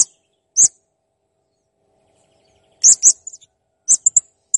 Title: Masteran Burung Serindit Ll Masteran Serindit Gacor Jernih